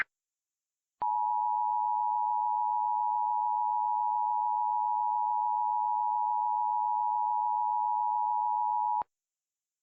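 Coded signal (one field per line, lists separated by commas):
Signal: Emergency Alert System (SAME) tones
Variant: 853 and 960 Hz attention tone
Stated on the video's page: Fictional Lake Michigan tsunami scenario using valid EAS tones.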